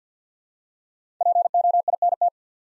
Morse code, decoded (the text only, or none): POINT